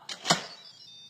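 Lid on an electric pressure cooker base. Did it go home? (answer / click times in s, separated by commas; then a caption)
released / 0.3 s. A hand turns the handle of a metal pressure cooker lid, seated on an electric pressure cooker base, from the locked to the unlocked position. A brief scrape near 0.1 s is followed by a sharp click at 0.3 s, and then a faint high unlock tone fades out. The lid is released and unlocked.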